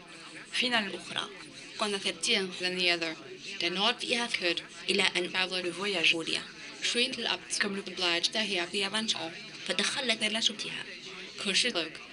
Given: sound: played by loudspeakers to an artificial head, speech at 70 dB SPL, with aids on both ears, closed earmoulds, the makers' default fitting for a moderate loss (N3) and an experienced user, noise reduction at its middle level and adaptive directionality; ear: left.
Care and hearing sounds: speech test signal (ISTS) in cocktail-party noise; +9 dB; in front (0 degrees)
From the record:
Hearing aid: class 2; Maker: B

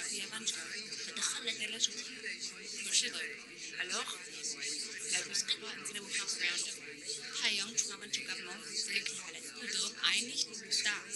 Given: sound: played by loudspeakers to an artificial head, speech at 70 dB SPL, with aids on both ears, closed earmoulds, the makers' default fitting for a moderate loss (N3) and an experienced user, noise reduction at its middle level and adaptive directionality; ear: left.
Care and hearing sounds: speech test signal (ISTS) in cocktail-party noise; -6 dB; in front (0 degrees)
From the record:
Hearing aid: class 1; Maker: H

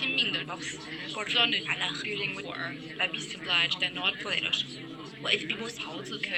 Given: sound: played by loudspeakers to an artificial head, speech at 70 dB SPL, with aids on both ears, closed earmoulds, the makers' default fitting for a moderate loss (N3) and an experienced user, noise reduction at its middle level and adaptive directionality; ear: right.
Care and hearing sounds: speech test signal (ISTS) in cocktail-party noise; -3 dB; in front (0 degrees)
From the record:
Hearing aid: class 1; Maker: C

